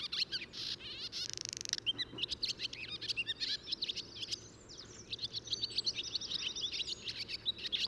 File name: barn swallow